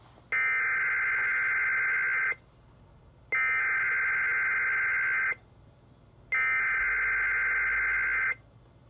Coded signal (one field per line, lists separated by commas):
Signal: Emergency Alert System (SAME) tones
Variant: header bursts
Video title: Wisconsin SVA (7/27/21) EAS 324